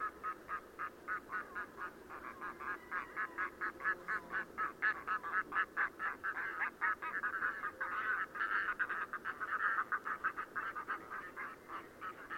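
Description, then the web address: Red-throated loon song: a long series of rapid, harsh cackling notes, loudest in the later part. "chant xeno-canto plongeon catmarin"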